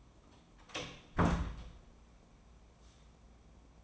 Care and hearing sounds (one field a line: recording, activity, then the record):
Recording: daily activity, microphone in the room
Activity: close door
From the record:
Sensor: 1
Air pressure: 1012.4 hPa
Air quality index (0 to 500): 164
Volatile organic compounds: 3 ppm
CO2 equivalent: 1348 ppm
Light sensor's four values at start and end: 820/1767/830/945 and 825/1778/834/950